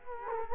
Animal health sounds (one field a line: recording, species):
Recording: mosquito wingbeat signal from an infrared sensor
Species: Culex quinquefasciatus